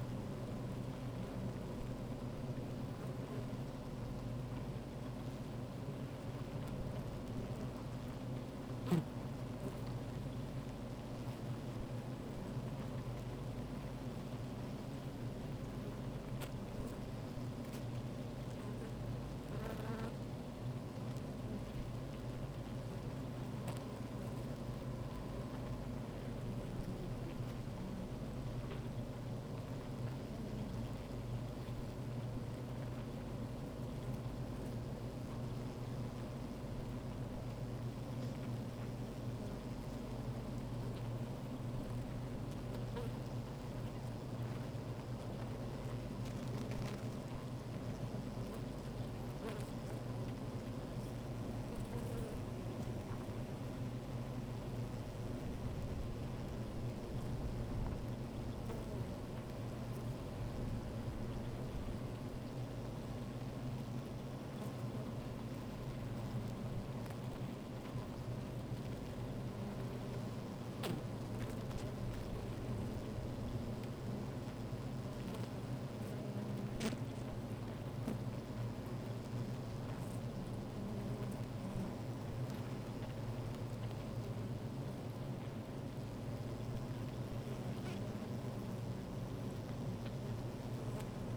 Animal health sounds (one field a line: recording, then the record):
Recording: honeybee colony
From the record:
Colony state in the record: active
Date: 28 July 2017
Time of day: 13:45